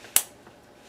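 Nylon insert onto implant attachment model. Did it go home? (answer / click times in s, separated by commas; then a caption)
yes / 0.2 s. On a large demonstration model, a simulated nylon insert is pushed onto a LOCATOR implant attachment. It snaps into place with one sharp click at 0.2 s, followed by a faint softer tick, and the insert is seated rigidly on the attachment.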